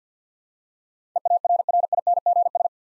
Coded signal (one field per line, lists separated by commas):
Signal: Morse code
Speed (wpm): 50 wpm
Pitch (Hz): 700 Hz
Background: none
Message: EARRINGS